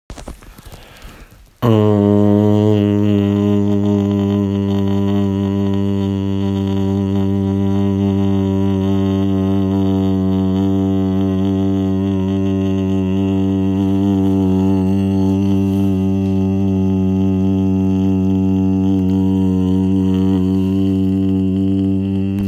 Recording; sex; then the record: sustained vowel /a/; male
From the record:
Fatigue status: fatigue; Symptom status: symptomatic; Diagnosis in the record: COVID-19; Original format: m4a